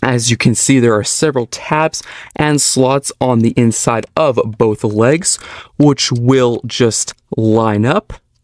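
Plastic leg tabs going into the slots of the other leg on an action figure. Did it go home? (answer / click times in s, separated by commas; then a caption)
no / none. Someone talks while the plastic leg halves of a transforming action figure are lined up so the tabs on the inside of both legs meet the slots of the other leg. The clip ends before the parts are pressed together, so nothing has seated or clicked yet.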